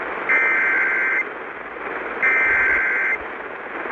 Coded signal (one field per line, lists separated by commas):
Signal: Emergency Alert System (SAME) tones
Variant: header bursts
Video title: SVR Madness (EAS Alerts from 6/22/22) (EAS #190-206) (Monsoon EAS #1-17)